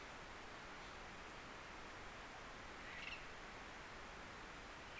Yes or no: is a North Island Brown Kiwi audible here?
no